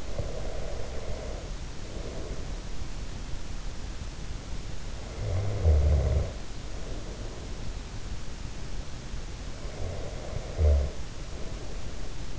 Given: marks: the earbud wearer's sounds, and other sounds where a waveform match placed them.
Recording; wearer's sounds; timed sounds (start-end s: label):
sounds in sleep by an in-ear microphone; breath, snoring breath
0.00-3.09 s: breath
4.94-8.19 s: snoring breath
9.45-12.39 s: snoring breath